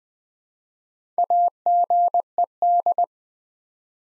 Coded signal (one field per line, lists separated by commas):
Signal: Morse code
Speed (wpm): 20 wpm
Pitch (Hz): 700 Hz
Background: none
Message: AGED